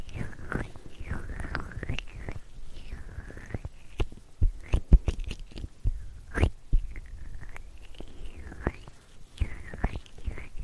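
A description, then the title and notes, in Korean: Tingly puff sounds: soft, low thumps and crisp little taps land irregularly throughout, several per second at times. Squeaky rubbing sweeps rise and fall every couple of seconds, and everything sits quiet, with no background noise. 팅글 덩어리 퍼프 소리.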